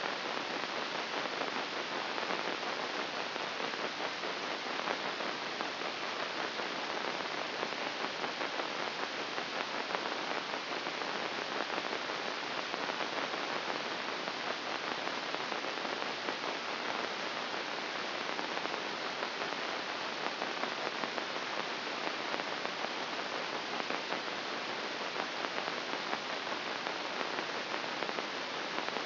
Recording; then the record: brain microelectrode recording played as sound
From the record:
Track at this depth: inside the subthalamic nucleus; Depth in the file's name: 1.551 mm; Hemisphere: right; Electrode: 2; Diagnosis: Parkinson's disease